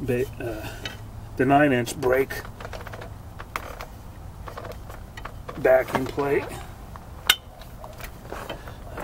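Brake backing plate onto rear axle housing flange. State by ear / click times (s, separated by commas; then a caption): seated / 7.3 s. Someone talks while the steel 9-inch brake backing plate, or its gasket, is pressed onto the rear axle housing flange of a 1963 Valiant during an axle shaft and brake replacement, after the old gasket was cleaned off all the surfaces. Faint metallic ticks are followed by a single sharp metallic hit at 7.3 s as the backing plate snaps into place and is seated.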